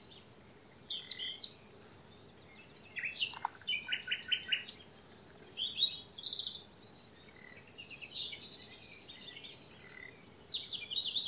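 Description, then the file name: Common nightingale song: several varied phrases of high chirps, whistles and rapid stuttering trills, with short pauses between phrases. "Luscinia megarhynchos"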